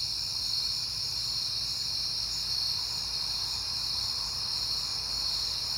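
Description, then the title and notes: Continuous shrill cricket chirping, a dense even trill that holds without pause for the whole stretch. Crickets recorded at night in September, on a peaceful night. "Night Time: Crickets and Passing Cars. It is September and I have been hearing the crickets a lot, but finally had a peaceful night to make the recording"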